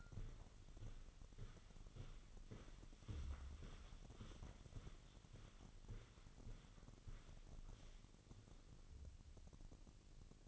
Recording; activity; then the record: daily activity, microphone in the room; walk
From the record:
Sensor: 4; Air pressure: 1010.1 hPa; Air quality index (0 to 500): 172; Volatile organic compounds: 2 ppm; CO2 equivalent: 1242 ppm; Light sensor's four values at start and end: 51/126/53/58 and 51/127/53/58